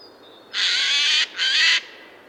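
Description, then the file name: Eurasian jay giving two long, harsh, raspy screeches back to back, the first drawn out and the second slightly shorter, over quiet background. "Garrulus glandarius"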